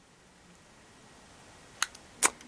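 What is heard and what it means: A microSD memory card is pushed with scissors, on a second attempt, into the spring-latch slot of a Jadfezy action camera. There is near silence, then sharp metallic ticks at 1.8 s and 2.2 s with a few faint taps after. The card has not latched or clicked yet.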